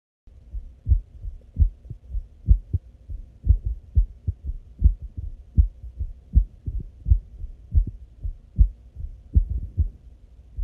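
Steady, regular low thumps in paired beats, about 75 a minute, all deep and muffled with no other sounds. An ordinary adult heartbeat with an even rhythm.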